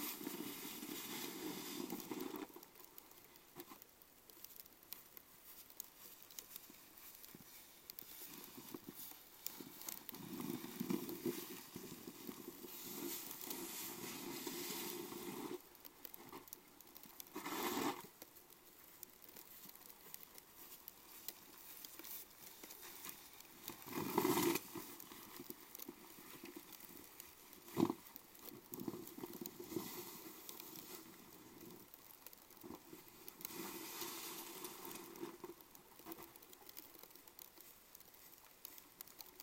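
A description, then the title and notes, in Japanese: Snow shovelling in a lane outside a house at dusk, with repeated scraping bursts, sharp clacks near 18, 24 and 28 seconds, and steady running water behind. 夕方雪かき。夕方16時現在、30㎝ほどの積雪。玄関前から家の前の路地の雪かき。路地は基本人力のスコップ除雪。水路の音、雪もしだいにまたよく降り出してくる。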